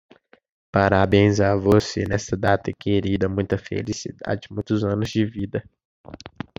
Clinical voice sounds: short text; Brazilian Portuguese; male; 18 to 19 years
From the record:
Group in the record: control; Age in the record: 19 years

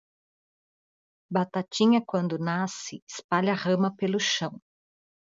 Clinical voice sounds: short text; Brazilian Portuguese; female; 50 to 59 years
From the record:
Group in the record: control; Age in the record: 54 years

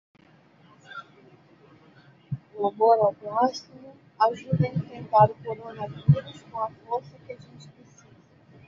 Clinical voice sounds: spoken sentence; Brazilian Portuguese; female; 50 to 59 years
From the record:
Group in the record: control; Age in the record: 57 years

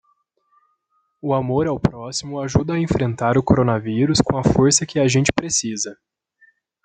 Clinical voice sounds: spoken sentence; Brazilian Portuguese; male; 20 to 29 years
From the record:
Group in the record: control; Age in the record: 25 years

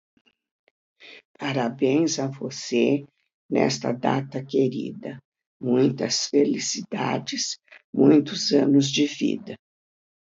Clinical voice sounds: short text; Brazilian Portuguese; female; 70 to 79 years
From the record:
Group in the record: control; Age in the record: 79 years

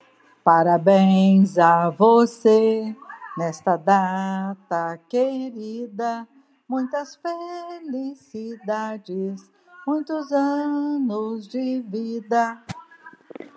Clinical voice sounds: short text; Brazilian Portuguese; female; 60 to 69 years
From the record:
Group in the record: control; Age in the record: 65 years

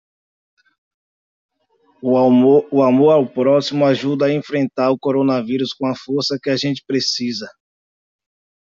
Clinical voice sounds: spoken sentence; Brazilian Portuguese; male; 30 to 39 years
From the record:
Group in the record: control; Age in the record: 33 years

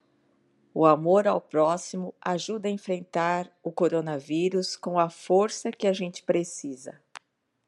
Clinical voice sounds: spoken sentence; Brazilian Portuguese; female; 50 to 59 years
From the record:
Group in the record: control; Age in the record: 55 years

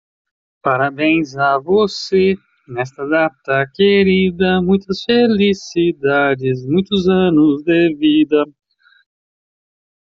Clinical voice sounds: short text; Brazilian Portuguese; male; 40 to 49 years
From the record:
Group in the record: control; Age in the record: 44 years

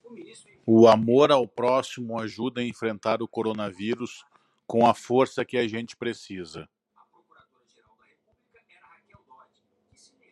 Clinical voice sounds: spoken sentence; Brazilian Portuguese; male; 40 to 49 years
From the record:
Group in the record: control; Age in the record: 41 years

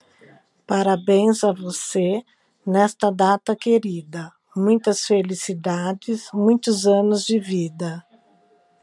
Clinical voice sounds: short text; Brazilian Portuguese; female; 40 to 49 years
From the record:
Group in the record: control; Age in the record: 46 years

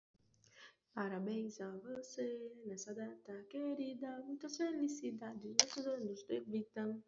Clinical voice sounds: short text; Brazilian Portuguese; female; 30 to 39 years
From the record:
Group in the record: control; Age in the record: 38 years

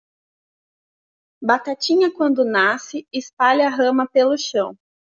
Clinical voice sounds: short text; Brazilian Portuguese; female; 30 to 39 years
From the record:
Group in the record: control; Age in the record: 32 years

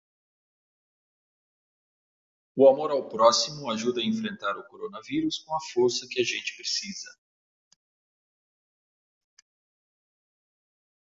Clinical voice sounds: spoken sentence; Brazilian Portuguese; male; 50 to 59 years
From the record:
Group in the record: control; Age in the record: 54 years

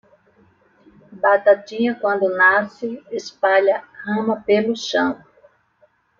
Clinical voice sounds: short text; Brazilian Portuguese; female; 50 to 59 years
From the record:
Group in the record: control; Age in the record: 57 years

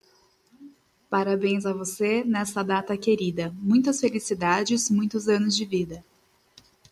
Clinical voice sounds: short text; Brazilian Portuguese; female; 20 to 29 years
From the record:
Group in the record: control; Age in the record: 27 years

